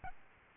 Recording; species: mosquito wingbeat signal from an infrared sensor; Aedes albopictus